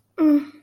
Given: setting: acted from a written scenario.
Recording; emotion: vocal sound without words; neutral